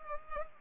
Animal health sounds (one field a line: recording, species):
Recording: mosquito wingbeat signal from an infrared sensor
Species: Culex pipiens